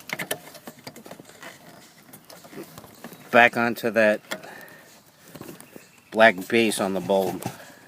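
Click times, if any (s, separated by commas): none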